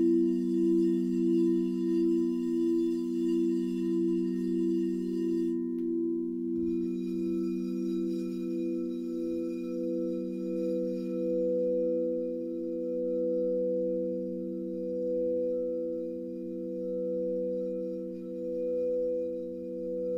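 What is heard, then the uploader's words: Singing bowls ring with a steady, low-to-middle hum made of several sustained tones that pulse slowly in a gentle wobble throughout. Faint bright shimmer sits above in the first half, thinning after about eleven seconds, with a soft knock near seven seconds. This is a simple recording I made playing my singing bowls, looped to create 90 minutes of sound for you.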